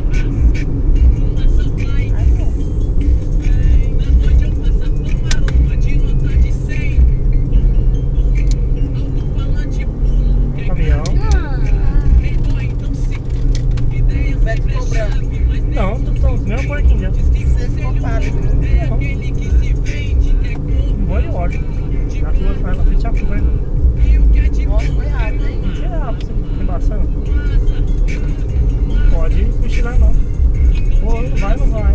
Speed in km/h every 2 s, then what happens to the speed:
87, 80, 75, 74, 73, 78, 70, 70, 70, 70, 72, 74, 75, 74, 75, 76.
1-3 brakes to 75. 3-10 steady at about 74. 10-12 brakes to 70. 12-32 steady at about 72.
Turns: none.